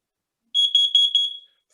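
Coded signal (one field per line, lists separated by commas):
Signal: alarm pattern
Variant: smoke and CO alarm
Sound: a shrill high alarm tone pulsing roughly four times in under a second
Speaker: four short beeps it's gonna do it again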